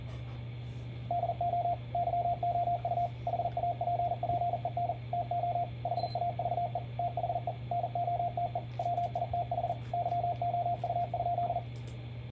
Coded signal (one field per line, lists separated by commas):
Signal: Morse code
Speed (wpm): 42 wpm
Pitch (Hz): 700 Hz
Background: radio noise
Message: DO YOU HAPPEN TO HAVE THE NOTE WITH YOU?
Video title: Morse code practice with Daisy